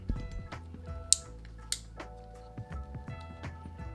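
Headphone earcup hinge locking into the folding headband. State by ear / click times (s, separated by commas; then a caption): seated / 1.1 s, 1.7 s. The metal folding hinge of a pair of V-Moda XS headphones is moved, with the earcup hinge locking into the folding headband over music playing underneath. Two sharp, bright clicks sound at 1.1 s and 1.7 s as the hinge snaps into its locked position, signalling that it is locked tight.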